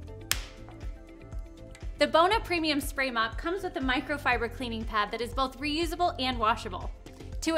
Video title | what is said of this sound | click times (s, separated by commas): How to Assemble and Use Your Bona Premium Spray Mop for Hardwood Floors | and pushing together until you hear a click. | 0.3 s